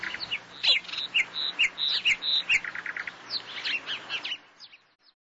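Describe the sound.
Bird song: a run of bright chirps and short whistled notes, roughly two each second, fading out near the end over a faint low hum.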